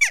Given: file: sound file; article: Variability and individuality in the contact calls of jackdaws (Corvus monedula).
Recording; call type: jackdaw call; harmonic